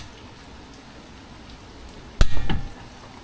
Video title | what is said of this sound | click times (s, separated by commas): Day 3 We found the Problem + How to Install Wheel Spacers | this first one. You just go until you hear a click. | 2.2 s